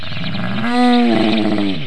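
Cow mooing: one long, low, rich moo that swells in the middle and then falls away at the end.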